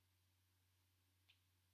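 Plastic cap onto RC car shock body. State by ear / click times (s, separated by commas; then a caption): not seated / none. A plastic shock cap is handled on an RC car shock body (GTR shocks for a Slash, Bandit, Rustler or Stampede) and spun to the left to find the thread start, over a steady low hum. Nothing has seated or clicked yet.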